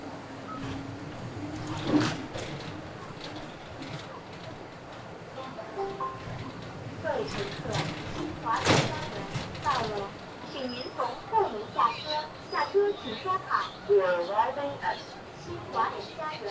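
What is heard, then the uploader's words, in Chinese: Voices talk aboard a bus heading out of town on a rainy day, with chatter growing livelier and more frequent in the second half. A steady low rumble runs underneath, and sharp knocks or clatters break through around two and nine seconds. 雨天的出城公交。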